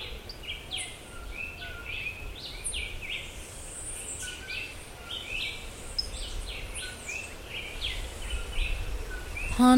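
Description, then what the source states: Many birds chirp and give short downward-sweeping notes throughout, layered over constant rushing background noise, ending with a sudden louder noise burst. Forest.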